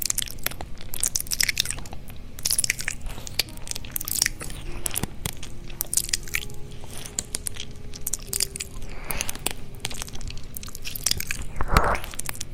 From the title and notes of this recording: ASMR Kitty Ear Licking.